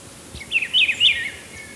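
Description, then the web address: Rufous-browed peppershrike delivering a brief, rolling warbled phrase of a few slurred notes against a quiet background hiss. Ecuador. "Natures Songs S America Birds of Ecuador Rufous-Browed Peppershrike"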